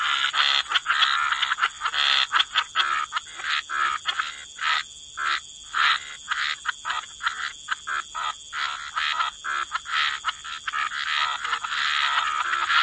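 Frog chorus of rapid, stuttering croaks that thin out into separate short bursts midway, set against an unbroken high hiss.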